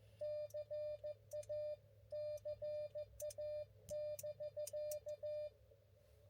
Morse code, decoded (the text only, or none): CA CA <BK>